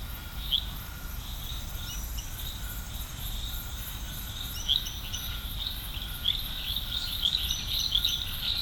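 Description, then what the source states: Frogs chirping in chorus, sharp calls building and crowding together toward the end, with a rhythmic high insect pulse throughout. Chorus of frogs recorded at Serrinha do Alambari, Brazil.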